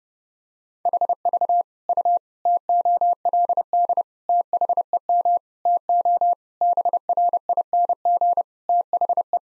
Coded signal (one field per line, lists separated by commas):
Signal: Morse code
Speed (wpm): 30 wpm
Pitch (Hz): 700 Hz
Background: none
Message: HV U TOLD THEM TO BRING THE